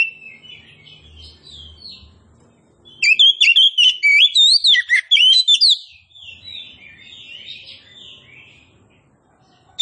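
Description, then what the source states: Oriental magpie-robin song: soft chattering notes, then a dense, loud volley of sharp zigzag whistles lasting about three seconds, followed by quieter warbles. Kacer poci, a named variety, described as gacor, singing vigorously.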